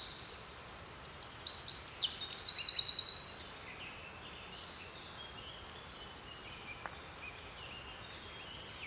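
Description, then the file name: Eurasian wren song lasting about three seconds: shrill rapid notes and two quick trills, followed by a long quiet stretch. "Troglodytes troglodytes"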